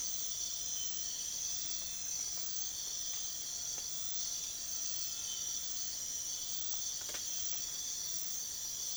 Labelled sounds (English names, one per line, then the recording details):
none
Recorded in secondary vegetation near Puerto Asís, Putumayo, Colombia, on 23 June 2025 at 04:00
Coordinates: 0.500, -76.326
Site GP08